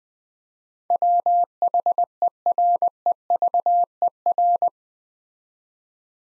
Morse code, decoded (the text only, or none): WHEREVER